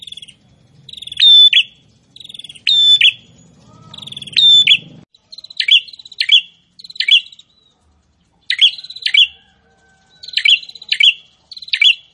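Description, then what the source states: Prinia song: metallic, ringing buzzy phrases with bright chips, repeated in irregular bursts, with a low rumbling noise in the first few seconds. Prinia singing prolifically ('gacor').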